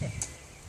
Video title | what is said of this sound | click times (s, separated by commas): John C. Campbell Folk School Long Bow Class in Brasstown, NC 2014-05-24 | Make sure that snaps right on. You'll hear it click. There you go. | 0.2 s